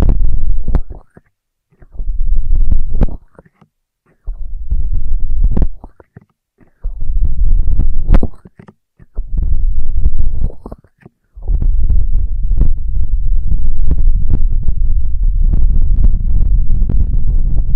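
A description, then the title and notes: Muffled low rumbling bursts on the ear triggers, each lasting a second or two with brief silences between, then continuous rubbing from twelve seconds. Intense Ear Triggers (No Talking).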